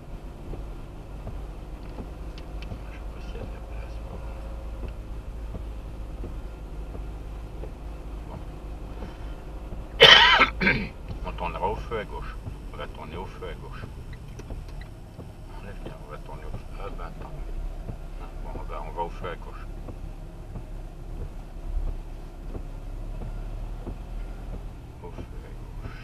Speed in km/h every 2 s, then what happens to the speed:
27, 28, 27, 27, 28, 25, 21, 17, 17, 18, 17, 21, 19.
0-9 steady at about 27. 9-15 slows to 17. 15-26 steady at about 18.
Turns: none.